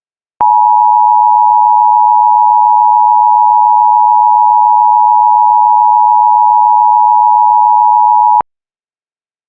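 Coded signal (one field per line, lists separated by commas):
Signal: Emergency Alert System (SAME) tones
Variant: 853 and 960 Hz attention tone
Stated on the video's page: Mock EAS alert containing valid EAS tones.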